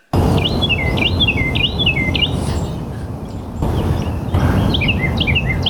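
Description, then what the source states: Carolina wren song, a rapid run of repeated down-slurred phrases, then after a pause a second song of different phrases, over loud background noise. Two different songs of the Carolina wren; the notes go up and down like written music.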